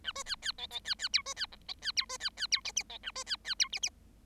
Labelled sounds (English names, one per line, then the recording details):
Bengalese Finch song
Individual Bird7